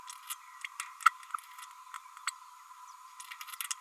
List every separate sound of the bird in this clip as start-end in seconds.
0.64-0.66, 3.70-3.74